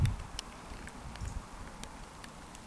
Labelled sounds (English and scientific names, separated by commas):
Eurasian Woodcock (Scolopax rusticola) whistle